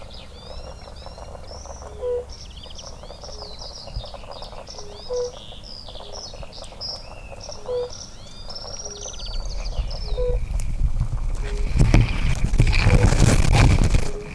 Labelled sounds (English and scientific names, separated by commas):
Fire-Bellied Toad (Bombina bombina) call